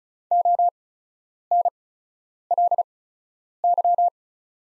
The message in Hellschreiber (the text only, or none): none